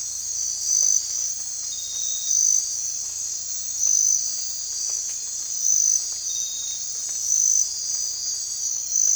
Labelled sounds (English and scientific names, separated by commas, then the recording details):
none
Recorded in dense forest near Puerto Asís, Putumayo, Colombia, on 16 December 2024 at 04:30
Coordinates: 0.468, -76.322
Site G071